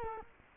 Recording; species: mosquito wingbeat signal from an infrared sensor; Culex quinquefasciatus